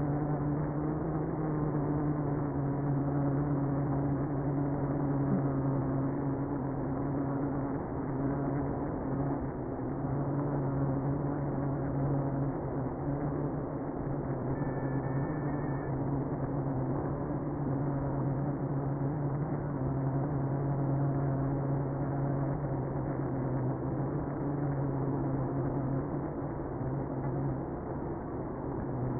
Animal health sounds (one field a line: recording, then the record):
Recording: honeybee colony, microphone inside the hive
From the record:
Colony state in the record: queenless (queen removed)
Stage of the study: after two queens were removed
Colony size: about 60,000 bees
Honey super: yes